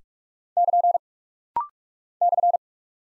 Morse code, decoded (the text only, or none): <KN> /